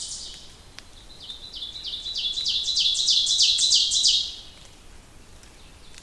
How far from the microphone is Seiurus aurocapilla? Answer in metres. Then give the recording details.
about 10 m. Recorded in boreal forest in Alberta, Canada, on 2 June 2016 at 08:24. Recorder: SongMeter 3, array SBT-3-7. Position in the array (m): 70 m, 96 m. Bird 5